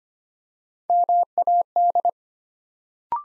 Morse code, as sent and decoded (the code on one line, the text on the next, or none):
-- .- -..
MAD